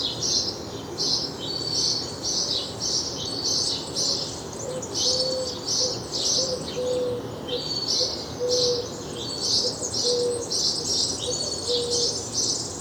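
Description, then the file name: House sparrow chirping: a steady run of short, bright chirps, with a soft, low tonal note recurring beneath in the second half. "Passer domesticus"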